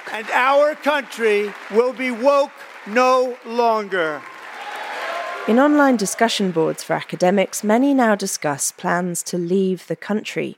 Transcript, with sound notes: And our country will be woke no longer.
(CHEERING) In online discussion boards for academics, many now discuss plans to leave the country.